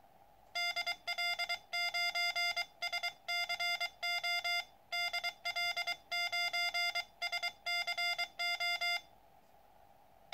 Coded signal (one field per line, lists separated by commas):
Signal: Morse code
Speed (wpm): 23 wpm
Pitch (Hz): 2100 Hz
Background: music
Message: DL9SCO DL9SCO